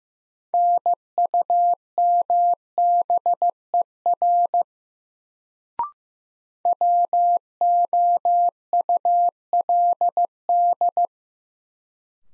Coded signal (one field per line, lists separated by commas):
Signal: Morse code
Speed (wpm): 15 wpm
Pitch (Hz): 700 Hz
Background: none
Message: NUMBER WOULD